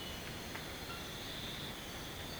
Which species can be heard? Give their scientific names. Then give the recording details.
none. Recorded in secondary vegetation near Puerto Asís, Putumayo, Colombia, on 18 February 2024 at 04:30. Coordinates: 0.472, -76.331. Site G6371